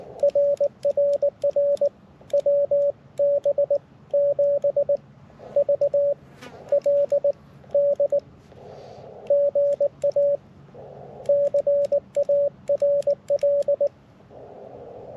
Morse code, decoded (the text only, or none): RRR WB 7 V L D GA CARL